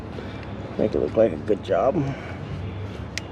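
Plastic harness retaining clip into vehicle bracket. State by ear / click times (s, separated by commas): seated / 3.2 s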